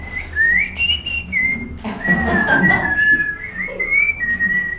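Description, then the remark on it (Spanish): A person whistles a steady, continuous melody with gently rising and falling pitch, sustained for several seconds over a low background rumble and a brief burst of noise midway. “Miren que el silbido es lo más personal que hay.”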